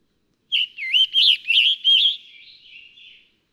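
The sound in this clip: Scarlet tanager song: five hoarse, burry whistled phrases in quick succession, rising and falling, then a softer trailing phrase, with a quiet background.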